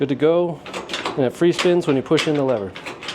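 Someone talks while handling the restored door of a vintage car after checking its metal door latch mechanism, which is meant to catch on the body striker. A short, sharp sound rises at 3.0 s near the end, but the latch has not seated or clicked onto the striker yet in this clip.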